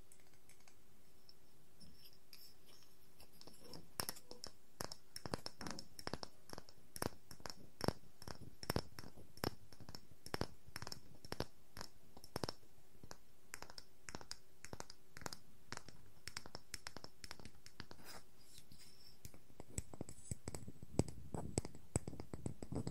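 Wooden objects are tapped and scratched: sharp, dry knocks come in irregular bursts after a quiet first few seconds, sometimes quick and clustered, sometimes spaced apart. Soft scraping fills gaps between hits, and a thicker, lower rubbing rises near the end.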